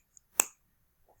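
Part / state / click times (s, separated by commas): cap onto glue stick tube / seated / 0.4 s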